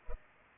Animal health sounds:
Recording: mosquito wingbeat signal from an infrared sensor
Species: Culex pipiens

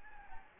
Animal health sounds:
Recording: mosquito wingbeat signal from an infrared sensor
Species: Anopheles gambiae

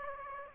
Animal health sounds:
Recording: mosquito wingbeat signal from an infrared sensor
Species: Aedes aegypti

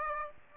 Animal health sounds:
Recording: mosquito wingbeat signal from an infrared sensor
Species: Aedes aegypti

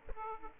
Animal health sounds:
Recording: mosquito wingbeat signal from an infrared sensor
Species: Aedes aegypti

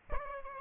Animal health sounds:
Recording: mosquito wingbeat signal from an infrared sensor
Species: Aedes albopictus

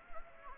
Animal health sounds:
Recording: mosquito wingbeat signal from an infrared sensor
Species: Anopheles gambiae

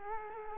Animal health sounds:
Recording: mosquito wingbeat signal from an infrared sensor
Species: Culex quinquefasciatus

